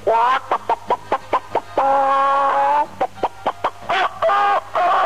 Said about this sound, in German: Ja, einmal habe ich eine Nacht auf einem Bauernhof gezeltet und es war sehr, sehr schön, weil dort auch in der Früh die Hühner gackern.